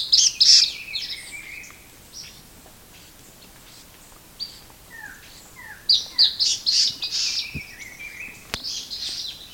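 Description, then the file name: Bird giving bursts of bright, high chirps at the start and again later, with a short series of quick downslurred notes between them. "SABIOD 50 bird 2015"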